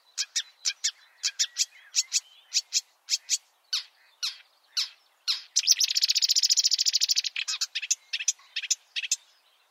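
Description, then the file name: Marsh warbler song: regular sharp chattering notes, then a long fast buzzy rattle, followed by more crisp repeated ticks. "suara kicauan burung marsh warbler. omkicau"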